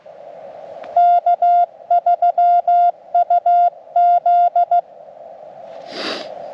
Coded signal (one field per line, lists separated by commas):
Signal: Morse code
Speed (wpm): 15 wpm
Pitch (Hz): 700 Hz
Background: none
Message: K3UZ